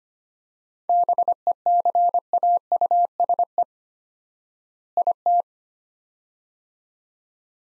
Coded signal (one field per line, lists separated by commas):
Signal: Morse code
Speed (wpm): 25 wpm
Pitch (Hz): 700 Hz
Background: none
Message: BECAUSE IT